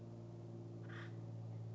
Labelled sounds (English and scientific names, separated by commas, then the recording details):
Acorn Woodpecker (Melanerpes formicivorus)
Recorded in Sonoma County, California